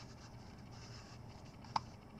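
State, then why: Seated. An objective lens with very fine threads is turned backwards on a night vision monocular housing against a quiet background of faint scratching. A soft tick comes at 1.7 s, then a sharp, bright click at 1.8 s as the thread start drops into place, confirming the threads are set before the lens is screwed forward.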